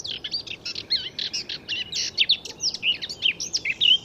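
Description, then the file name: Eurasian blackcap delivering a dense, rapid warble of scratchy and whistled notes throughout, without pauses. "Sylvia atricapilla"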